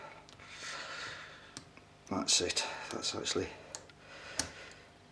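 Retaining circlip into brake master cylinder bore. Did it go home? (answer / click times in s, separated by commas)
yes / 4.4 s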